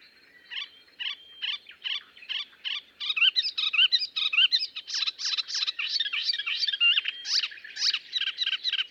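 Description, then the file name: Melodious warbler song starting with a series of separate repeated chirps, then accelerating into a dense, varied warble. "British Library - Melodious Warbler Hippolais polyglotta"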